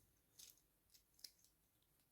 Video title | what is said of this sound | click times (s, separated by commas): Fossil vs Casio vs Xiaomi: Ceasul perfect? | Hai să vedem și se aude clicul | 1.2 s